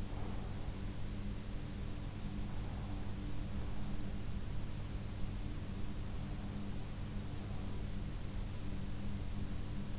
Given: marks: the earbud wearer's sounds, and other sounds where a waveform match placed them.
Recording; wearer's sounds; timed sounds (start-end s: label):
sounds in sleep by an in-ear microphone; breath
0.00-0.68 s: breath